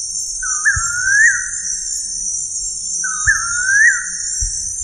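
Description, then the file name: Bird whistling two rising, slurred calls a few seconds apart, with a constant high insect buzz and faint low thumps. "SABIOD 50 bird 2015"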